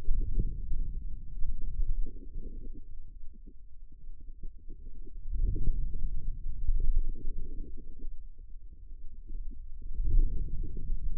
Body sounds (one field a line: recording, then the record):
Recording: forearm muscle sounds (acoustic myography)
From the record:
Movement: ulnar deviation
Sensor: system 2, bracelet of six BSWA MPA416 microphones around the upper forearm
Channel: 6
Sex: female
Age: 25 years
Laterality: right